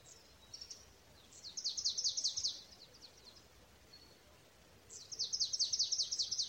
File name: Poecile palustris